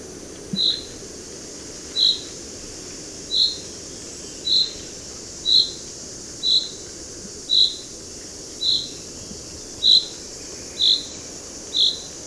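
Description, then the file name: Common chaffinch calls: a long series of brief, sharp, high notes given about once per second with even spacing, over low steady background noise. "Fringilla coelebs"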